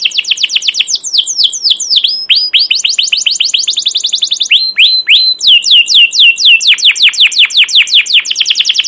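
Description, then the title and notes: Canary song, a continuous run of high, rapid, down-slurred chirps changing rhythm and tempo, with trills and whistled sweeps throughout. Captive canary with long, emotional, chattering song used as a training lure (pancingan/masteran) to teach young canaries to sing. "CUIT CUIT NGEROL LANGSUNG GACOR PANJANG Kenari Ini AMPUH Utk Pancingan KENAR. PANCINGAN Kenari GACOR PANJANG Cuit CUIT EMOSI ini AMPUH utk MASTERAN Kenari PAUD belajar BUNYI. burung kenari"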